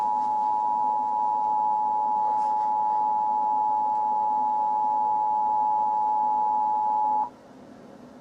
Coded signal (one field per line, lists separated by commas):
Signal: Emergency Alert System (SAME) tones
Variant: 853 and 960 Hz attention tone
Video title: USA eas alarm (read disc)